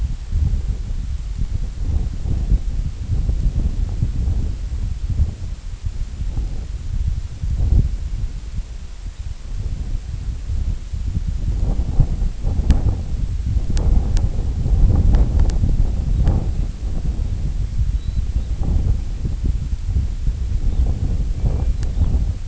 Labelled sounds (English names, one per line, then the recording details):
Red Phalarope
unidentified sound
American Golden-plover
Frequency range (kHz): Red Phalarope 3.0-4.3 kHz; American Golden-plover 2.0-2.6 kHz
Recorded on Arctic tundra, site IGLO-D, on 25 June 2018
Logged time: 02:00